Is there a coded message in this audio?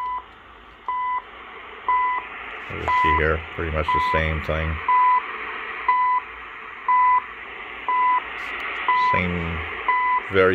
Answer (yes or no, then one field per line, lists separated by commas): no